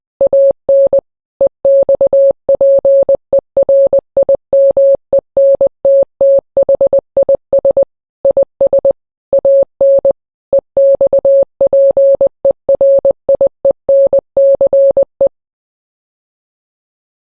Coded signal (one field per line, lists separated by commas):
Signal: Morse code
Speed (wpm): 20 wpm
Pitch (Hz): 550 Hz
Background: none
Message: AN EXPERIMENT THIS IS AN EXPERIENCE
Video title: Morse code I, 2021